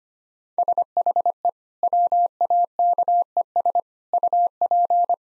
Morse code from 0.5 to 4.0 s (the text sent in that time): SHE WAKES